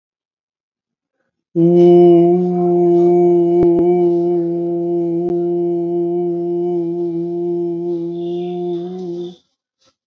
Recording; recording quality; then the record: sustained vowel as in boot; excellent, no background noise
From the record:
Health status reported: COVID-19 positive, moderate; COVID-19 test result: positive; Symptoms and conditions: breathing difficulty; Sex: male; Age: 53 years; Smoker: not ticked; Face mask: worn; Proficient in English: no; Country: India